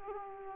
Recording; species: mosquito wingbeat signal from an infrared sensor; Aedes aegypti